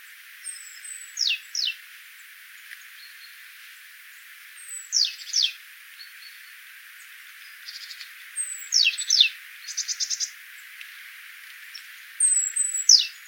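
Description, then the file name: Great tit calls: paired high notes sliding steeply downward, repeated every four seconds or so, with short buzzy rattles around the third pair. "Parus major"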